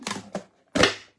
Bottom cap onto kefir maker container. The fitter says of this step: je hoor je vast klikken eh